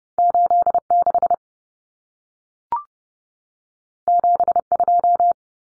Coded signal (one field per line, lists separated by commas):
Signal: Morse code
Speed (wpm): 30 wpm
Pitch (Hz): 700 Hz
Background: none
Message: 86 72